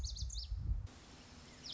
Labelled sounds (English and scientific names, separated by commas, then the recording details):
Lazuli Bunting (Passerina amoena)
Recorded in Sonoma County, California